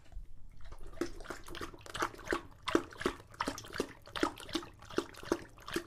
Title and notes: English Bulldog Drinks from Water Bowl - Weird Sounds. Lucho the English Bulldog as he tries to drink water after a long walk. Don't let his heavy breathing fool you in between drinks, he's equally out of breath from the walk